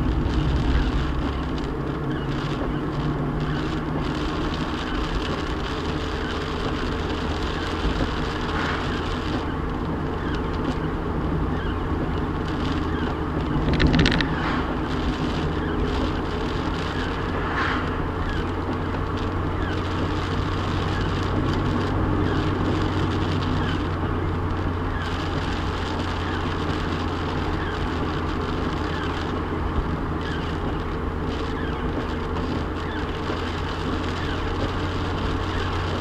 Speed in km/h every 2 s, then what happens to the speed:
42, 42, 42, 44, 45, 44, 42, 47, 47, 50, 53, 53, 50, 48, 48, 45, 47, 52.
0-13 steady at about 42. 13-20 speeds up to 53. 20-29 slows to 45. 29-36 steady at about 47.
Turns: 0-7.